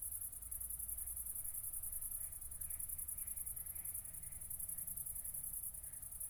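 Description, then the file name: Cricket giving a continuous high trill of fast, even pulses, with faint soft sounds in the middle range and a low background hum. Recorded at Nordring, Kirchmöser, Brandenburg, Germany, on 4 August 2014 at night, around 00:53. "City Country Me Brandenburg Kirchmoeser Nordring Grillen 201408040053"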